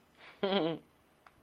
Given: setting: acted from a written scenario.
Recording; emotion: vocal sound without words; amusement